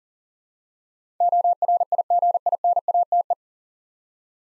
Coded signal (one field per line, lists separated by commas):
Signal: Morse code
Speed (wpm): 38 wpm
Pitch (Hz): 700 Hz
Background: none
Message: ORIGINATE